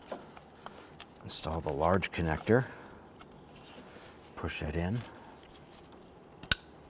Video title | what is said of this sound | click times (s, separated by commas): How to Replace Engine Torque Strut Mount 2011-2017 Nissan Quest 3.5L V6 | and here in fi lock in don't forget to push in on the yellow lock tab here | 6.5 s